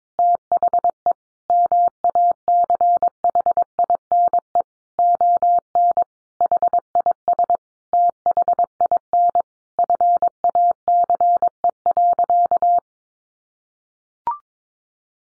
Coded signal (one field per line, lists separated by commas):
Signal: Morse code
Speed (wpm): 22 wpm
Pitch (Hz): 700 Hz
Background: none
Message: THE MACHINE ON HIS THIN FACE.